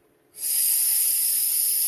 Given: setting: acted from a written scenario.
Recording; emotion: vocal sound without words; embarrassment